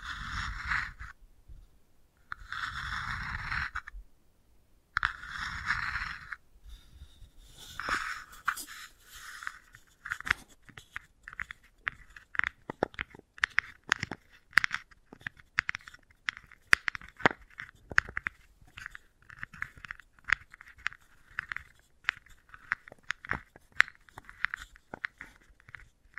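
Wooden ball sounds open with three or four dense, rough rolling bursts of about a second each, separated by short silences. From around eight seconds on, the sound turns into a fast, uneven run of sharp clicks and crunchy taps, bright and dry, continuing to the end.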